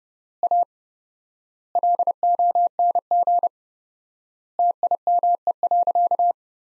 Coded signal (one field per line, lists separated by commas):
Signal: Morse code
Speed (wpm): 32 wpm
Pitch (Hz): 700 Hz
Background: none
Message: A LONG TIME.